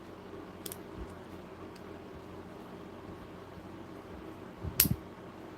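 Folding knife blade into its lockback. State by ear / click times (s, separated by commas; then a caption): seated / 4.8 s. A brass-lined lockback folding knife, the same size as a Buck 110, has its blade worked past the half stop until it snaps into the lock at 4.8 s with a sharp, loud click. Two faint ticks at about 0.7 s come before it over a low steady hum. The snap is taken as a sign of quality.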